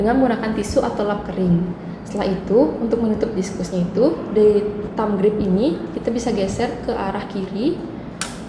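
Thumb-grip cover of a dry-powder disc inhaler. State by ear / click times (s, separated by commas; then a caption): seated / 8.2 s. Someone talks while sliding the thumb grip of a plastic dry-powder disc inhaler to the left to close it. A single sharp click is heard at 8.2 seconds as the thumb-grip cover clicks shut and seats.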